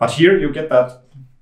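Someone talks while handling the bolt handle of an airsoft rifle bolt, which is being rotated toward its detent. No distinct click is heard, and nothing has seated or clicked yet by the end of the clip.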